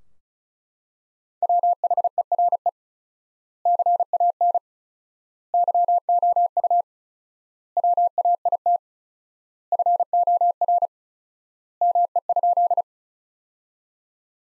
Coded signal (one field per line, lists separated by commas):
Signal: Morse code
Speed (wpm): 36 wpm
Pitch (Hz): 700 Hz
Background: none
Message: WHERE CAN YOU WAIT FOR ME?